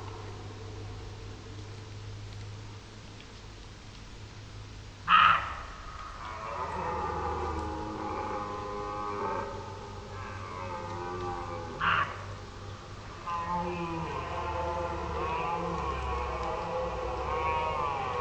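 A red deer stag roars in the forest: a sudden harsh burst near five seconds opens a long, groaning bellow of layered tones that waver up and down, and another abrupt outburst hits around twelve seconds. A steady low rumble runs underneath throughout.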